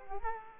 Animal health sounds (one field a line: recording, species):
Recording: mosquito wingbeat signal from an infrared sensor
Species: Culex quinquefasciatus